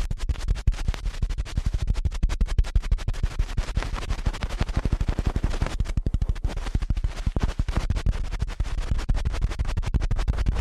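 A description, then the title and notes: Ear cleaning sounds made of quick, dense scratching and rubbing that run without pause for the whole stretch. The strokes come in rapid, fairly regular bursts, crisp and bright on top with a soft low thump beneath, easing slightly around six seconds. ASMR Ear Cleaning at Helicopter Speed for the Heavily Immune (No Talking).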